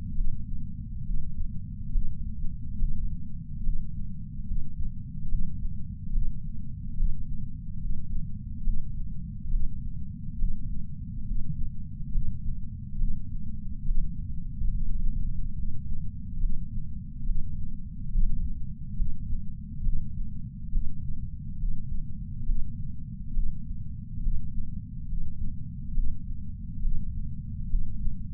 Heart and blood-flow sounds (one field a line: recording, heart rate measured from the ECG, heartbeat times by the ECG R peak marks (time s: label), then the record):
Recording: heart sounds by patch sensor on the chest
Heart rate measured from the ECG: 70 bpm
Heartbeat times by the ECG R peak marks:
0.14 s: heartbeat
1.04 s: heartbeat
1.91 s: heartbeat
2.77 s: heartbeat
3.62 s: heartbeat
4.46 s: heartbeat
5.28 s: heartbeat
6.11 s: heartbeat
6.96 s: heartbeat
7.80 s: heartbeat
8.63 s: heartbeat
9.49 s: heartbeat
10.37 s: heartbeat
11.25 s: heartbeat
12.11 s: heartbeat
12.97 s: heartbeat
13.84 s: heartbeat
14.71 s: heartbeat
15.55 s: heartbeat
16.39 s: heartbeat
17.25 s: heartbeat
18.10 s: heartbeat
18.95 s: heartbeat
19.82 s: heartbeat
20.70 s: heartbeat
21.58 s: heartbeat
22.44 s: heartbeat
23.32 s: heartbeat
24.21 s: heartbeat
25.07 s: heartbeat
25.93 s: heartbeat
26.81 s: heartbeat
27.68 s: heartbeat
From the record:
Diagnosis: coronary artery disease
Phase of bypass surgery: preoperative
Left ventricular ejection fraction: 61.7%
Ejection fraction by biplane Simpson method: 55%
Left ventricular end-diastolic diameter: 51 mm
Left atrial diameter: 36 mm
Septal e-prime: 7.9 cm/s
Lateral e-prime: 10.3 cm/s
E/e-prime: 9.8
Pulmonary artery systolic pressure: 23 mmHg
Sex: male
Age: 58 years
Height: 160 cm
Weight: 70 kg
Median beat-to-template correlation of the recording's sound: 0.83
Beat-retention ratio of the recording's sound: 0.99